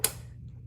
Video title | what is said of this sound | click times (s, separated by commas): Stealth Pro user video | backwards and you will hear click | 0.0 s